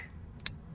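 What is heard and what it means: The dosage knob on a Follistim pen injector with a newly loaded, unused cartridge is turned one mark on the dosage scale. A faint tick at 0.4 s is followed by a sharp click at 0.5 s over quiet background hum. The knob clicks into place at one mark.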